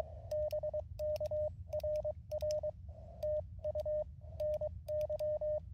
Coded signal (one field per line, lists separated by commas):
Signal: Morse code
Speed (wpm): 23 wpm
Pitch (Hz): 610 Hz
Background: radio noise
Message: BK RR TU NY